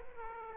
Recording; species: mosquito wingbeat signal from an infrared sensor; Aedes aegypti